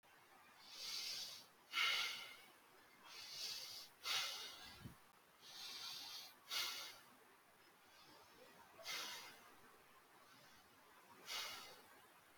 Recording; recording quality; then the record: deep breathing; excellent, no background noise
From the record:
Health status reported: healthy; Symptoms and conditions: none ticked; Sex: male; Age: 25 years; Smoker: not ticked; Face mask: not worn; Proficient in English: no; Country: India